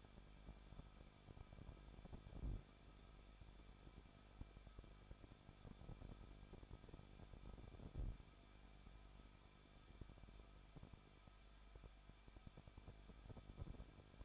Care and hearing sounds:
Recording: daily activity, microphone in the room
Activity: no activity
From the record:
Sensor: 5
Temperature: 20.8 degrees Celsius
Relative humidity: 38.2%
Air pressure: 1006.7 hPa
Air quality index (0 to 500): 184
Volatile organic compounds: 17 ppm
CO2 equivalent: 2578 ppm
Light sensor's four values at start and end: 2/3/1/1 and 2/3/1/1

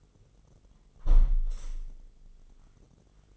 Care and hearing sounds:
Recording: daily activity, microphone in the room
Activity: close window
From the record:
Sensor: 4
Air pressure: 999.4 hPa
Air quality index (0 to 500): 141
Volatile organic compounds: 3 ppm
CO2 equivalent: 1390 ppm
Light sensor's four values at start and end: 33/82/34/38 and 33/82/34/37

